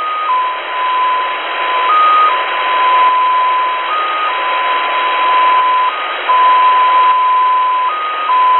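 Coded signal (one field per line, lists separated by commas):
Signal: numbers station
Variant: XPA2 polytone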